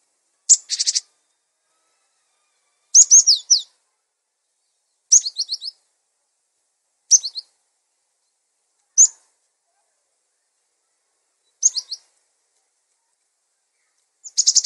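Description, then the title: Songbird: high twittering song of a small bird: a buzzy trill, then short chirp clusters and single notes, irregularly spaced throughout. Masteran recording for training songbirds. "Master Burung Jos"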